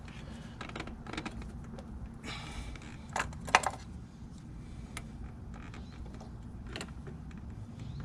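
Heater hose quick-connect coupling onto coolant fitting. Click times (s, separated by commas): 3.6 s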